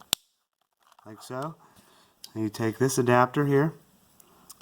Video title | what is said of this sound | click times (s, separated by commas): 2015 VW Golf mk7 wiper blade removal and install | push down and snap in like | 0.1 s